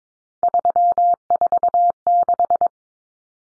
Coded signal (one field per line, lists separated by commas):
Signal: Morse code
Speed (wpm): 22 wpm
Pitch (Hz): 700 Hz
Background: none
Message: 346